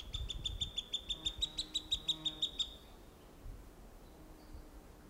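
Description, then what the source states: Cooper's hawk uttering a fast, even chain of many harsh kek-like notes, then quiet with faint low rumble. Juvenile; recorded July 21, 1995.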